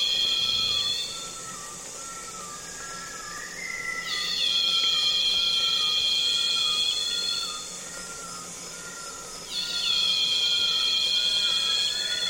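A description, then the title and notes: Loud cicadas drone in a steady, dense shrill around high pitches, swelling in strong pulses near the start, at about four seconds and again near ten seconds. Fainter insect tones hum lower beneath, with occasional close buzzing passes in the calm rainforest afternoon. Congo Basin Rainforest - Afternoon - Loud Cicadas. Loud cicadas calling on a calm afternoon in the Congo basin rainforest, accompanied by other insects flying and buzzing close to the mics.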